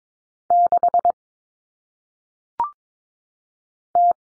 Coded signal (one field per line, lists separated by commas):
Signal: Morse code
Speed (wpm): 22 wpm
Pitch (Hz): 700 Hz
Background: none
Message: 6 T